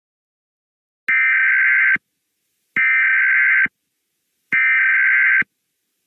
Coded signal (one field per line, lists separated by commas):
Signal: Emergency Alert System (SAME) tones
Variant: header bursts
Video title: EAS Scenario - Literal Fire Storm: REMASTERED